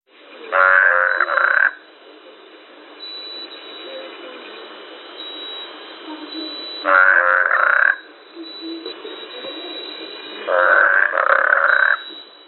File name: zhaba zhaba okruzhayushaya sreda selskaya mestnost estestvennoe pole